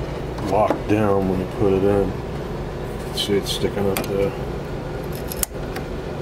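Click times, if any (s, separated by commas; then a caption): 5.4 s. An ink cartridge that was sticking up in the plastic carriage of an HP Officejet 4620 inkjet printer is pushed down until it latches. Someone talks first, and then a sharp click at 5.4 s marks the cartridge seating in place.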